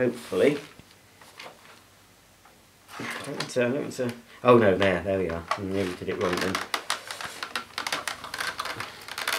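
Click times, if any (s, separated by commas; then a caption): none. A plastic floor cleaner head (active baseplate) is pushed onto the wand of a Dyson DC40 (2015) Multifloor vacuum while someone talks. Short plastic knocks and rattles of handling are heard, with sharper taps toward the end. The head has not seated or clicked into place yet.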